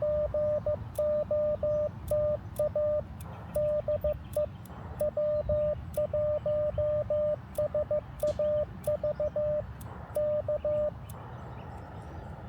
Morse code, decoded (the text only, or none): GOTA DE W1SAV K